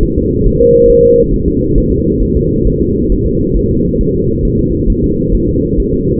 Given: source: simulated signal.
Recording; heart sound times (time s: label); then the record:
fetal heart sounds
0.03 s: S1
0.18 s: S2
0.46 s: S1
0.61 s: S2
0.90 s: S1
1.04 s: S2
1.34 s: S1
1.48 s: S2
1.78 s: S1
1.92 s: S2
2.23 s: S1
2.37 s: S2
2.67 s: S1
2.82 s: S2
3.12 s: S1
3.27 s: S2
3.57 s: S1
3.71 s: S2
4.01 s: S1
4.15 s: S2
4.45 s: S1
4.60 s: S2
4.90 s: S1
5.04 s: S2
5.35 s: S1
5.49 s: S2
5.80 s: S1
5.94 s: S2
From the record:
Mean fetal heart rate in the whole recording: 135 bpm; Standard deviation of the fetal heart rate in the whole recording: 3 bpm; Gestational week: 36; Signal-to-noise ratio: -14.7 dB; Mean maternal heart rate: 72 bpm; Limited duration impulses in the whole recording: present